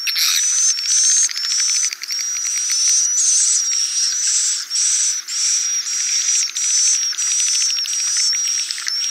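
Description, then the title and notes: Swiftlet calls, regular bursts of high thin tones with soft chirps, pulsing steadily under a second apart. Sound used for swiftlet farming in Asia. "Swiflet Bird Sound. Farming Swiflet Bird asia sound"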